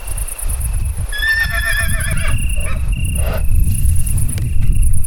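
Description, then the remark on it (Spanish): A horse roaming free in a mountain forest lets out a long, quavering whinny that rises and wavers before trailing off, over a low rumbling background with a steady high insect-like hum. “Preguntamos a algún caballo alguna cosa, pero esto es lo que contestaba.”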